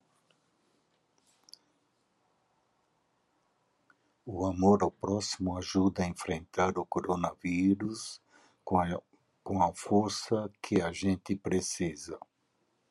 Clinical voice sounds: spoken sentence; Brazilian Portuguese; male; 60 to 69 years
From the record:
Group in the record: control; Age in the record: 67 years

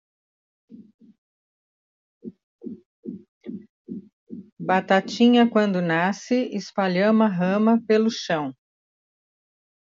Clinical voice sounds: short text; Brazilian Portuguese; female; 60 to 69 years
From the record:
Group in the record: control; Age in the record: 68 years

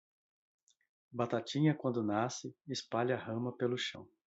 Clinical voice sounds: short text; Brazilian Portuguese; male; 30 to 39 years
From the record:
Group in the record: control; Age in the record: 39 years

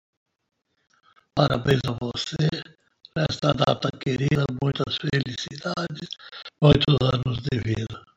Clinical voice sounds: short text; Brazilian Portuguese; male; 60 to 69 years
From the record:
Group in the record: control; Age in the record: 65 years

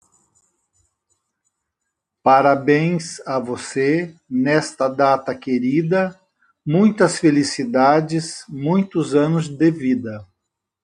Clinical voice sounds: short text; Brazilian Portuguese; male; 60 to 69 years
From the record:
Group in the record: control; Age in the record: 67 years

